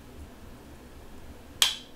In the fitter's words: you'll hear the second click